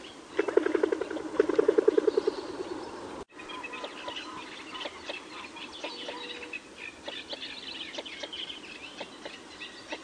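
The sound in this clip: Northern shoveler uttering two quick series of low, hollow, pulsed notes, followed by several seconds of scattered higher ticking and twittering notes.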